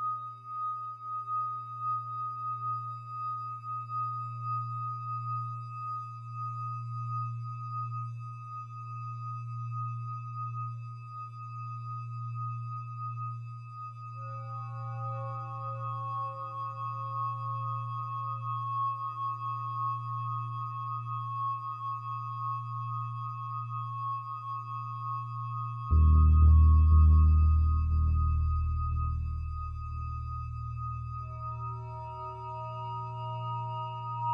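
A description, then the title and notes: An experimental electronic drone: a low, pulsing hum holds steady beneath thin, ringing tones that hover like a struck bowl. Around the fifteenth second new overtones enter, and near twenty-six seconds a louder, rougher low swell breaks in, with a fresh high tone appearing shortly after. Experimental electronic drone noise.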